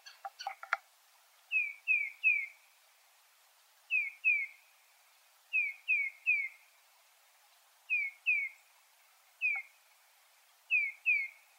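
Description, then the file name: Tufted titmouse whistling clear downslurred notes in groups of one to three, each group repeated every two seconds or so, with a few clicks at the start. "Tufted Titmouse Baeolophus bicolor"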